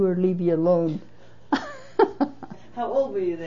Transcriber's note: laughs